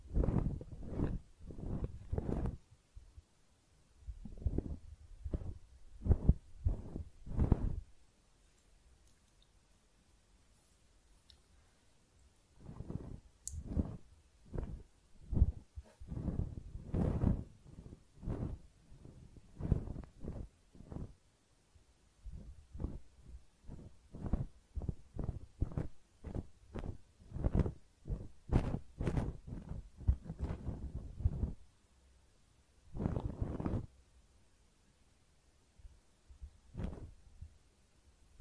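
Ear cleaning heard up close: a run of dull, low thumps and scratchy rubs, some coming in quick bursts and others spaced out. Short silent gaps break the activity, notably around ten seconds and near the end, with a faint high squeak at times.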